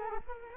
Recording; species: mosquito wingbeat signal from an infrared sensor; Culex quinquefasciatus